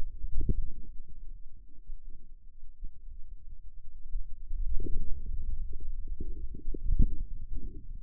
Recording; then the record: forearm muscle sounds (acoustic myography)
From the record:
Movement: inward rotation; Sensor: system 2, bracelet of six BSWA MPA416 microphones around the upper forearm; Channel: 3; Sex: male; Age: 22 years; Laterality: right